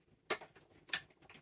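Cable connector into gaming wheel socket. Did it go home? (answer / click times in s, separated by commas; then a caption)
yes / 0.3 s. A cable connector for a PXN V9 gaming wheel setup is pushed into its socket, and it clicks in with a sharp, loud hit at 0.3 s. A second sharp tick follows at about 0.9 s, then a few faint small taps. The connector is seated and connected.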